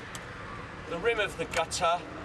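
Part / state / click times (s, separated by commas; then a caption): bird spike gutter clip onto gutter rim / not seated / none. A plastic gutter clip for bird spikes is handled at the rim of the guttering, being pushed on but not yet home, so nothing has seated or clicked yet. Someone talks over a steady low background hum.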